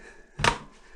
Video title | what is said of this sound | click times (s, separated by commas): Installing a Bidet Toilet Seat | and there it is it just clicked now | 0.5 s